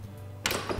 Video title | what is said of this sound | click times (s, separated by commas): How to Set Up and Take Down Your Awning YouTube | back and tell you hear a click ok so no thank you nice and solid ok do | 0.5 s